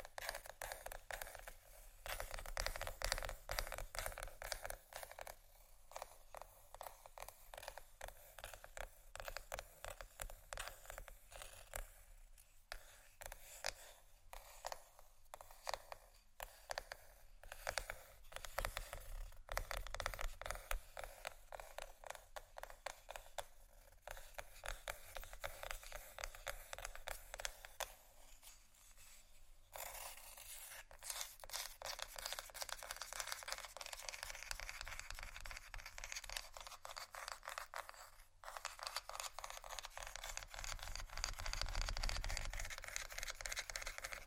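Scratchy tapping in dense, rapid strokes that run almost without pause for the whole clip, crisp and bright with a thin low rumble underneath. Brief quieter dips come near 29 and 38 seconds, and a faint wavering tone drifts through in the background.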